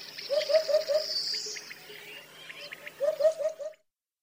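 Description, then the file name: Eurasian hoopoe song: soft low hooting notes in quick series of three to four, two bursts, with higher chirping birds in the background. "abubilla"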